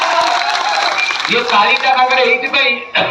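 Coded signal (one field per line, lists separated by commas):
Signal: none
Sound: background music beeps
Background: speech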